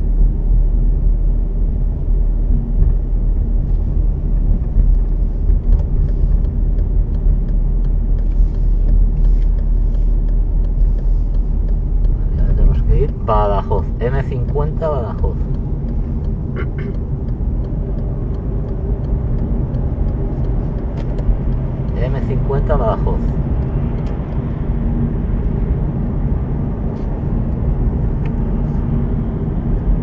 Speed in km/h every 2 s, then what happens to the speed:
33, 33, 33, 34, 33, 32, 33, 36, 41, 46, 49, 52, 54, 55, 53.
0-13 steady at about 33. 13-25 speeds up to 55.